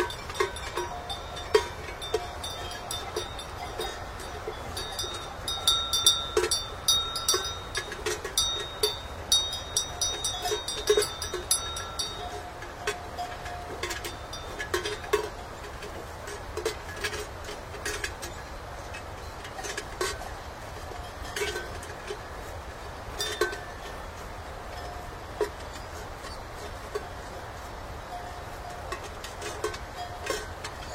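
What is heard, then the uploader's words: Cowbells clank and jangle irregularly as cows are driven along, with bright clusters of strikes over a low steady rumble throughout. Driving cows on the mountain road, crisp bells.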